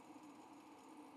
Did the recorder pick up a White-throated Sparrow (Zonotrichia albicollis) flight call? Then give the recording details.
no. No flight call is heard. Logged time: 09:41 on 5 December 2014